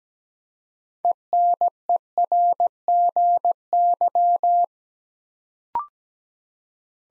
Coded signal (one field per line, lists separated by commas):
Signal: Morse code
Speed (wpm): 17 wpm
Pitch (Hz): 700 Hz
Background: none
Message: ENERGY